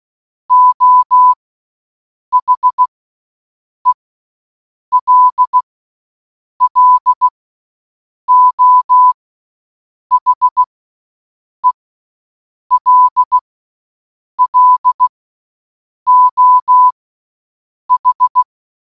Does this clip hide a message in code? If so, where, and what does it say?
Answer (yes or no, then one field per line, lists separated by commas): yes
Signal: Morse code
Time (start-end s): 0.5-18.4 s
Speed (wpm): 16 wpm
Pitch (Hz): 1000 Hz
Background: none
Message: O HELLO HELLO H